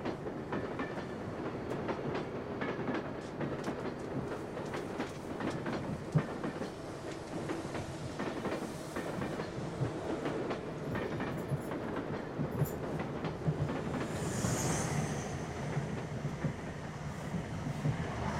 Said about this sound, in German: Mittwoch, 8 Uhr morgens, im Zug von Tübingen nach Salzburg.